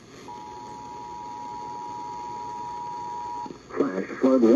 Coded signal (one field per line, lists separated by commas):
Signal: Emergency Alert System (SAME) tones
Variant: 853 and 960 Hz attention tone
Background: speech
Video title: TIME FOR WEATHER! EAS Alerts on 7/30-8/1/2022 (EAS #174-180)